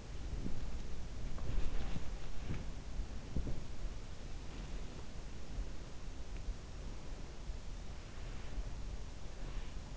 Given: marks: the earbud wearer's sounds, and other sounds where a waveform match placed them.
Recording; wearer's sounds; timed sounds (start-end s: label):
sounds in sleep by an in-ear microphone; body movement
0.00-4.02 s: body movement